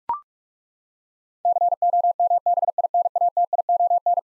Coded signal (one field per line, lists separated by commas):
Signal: Morse code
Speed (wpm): 41 wpm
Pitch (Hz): 700 Hz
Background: none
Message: COMBINATION